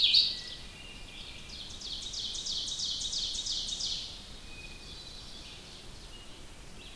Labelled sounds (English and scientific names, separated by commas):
Ovenbird (Seiurus aurocapilla) song